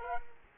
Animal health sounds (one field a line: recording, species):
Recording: mosquito wingbeat signal from an infrared sensor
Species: Culex quinquefasciatus